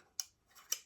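A metal SureFire SOCOM RC2 suppressor can is twisted loose on its muzzle device mount after the release tab is pressed. Two sharp ratchet clicks ring out at 0.2 and 0.72 seconds, with a faint rasp between them. The can turns until it stops and is released so it can slide off the mount.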